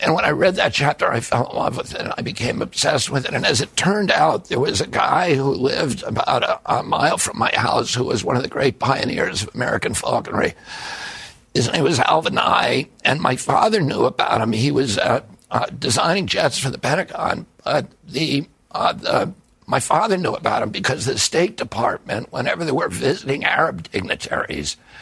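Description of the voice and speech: A man tells a story in a rough, strained, creaky voice. Voicing keeps breaking and some words are squeezed or cut off, with brief hesitations mid-phrase. This is spasmodic dystonia, a neurological disorder that began at age 42 after an injury in 1996. Nerve signals keep tightening his vocal cords, which gives a gravelly, effortful voice. This is about 8 months after surgery in Kyoto, Japan.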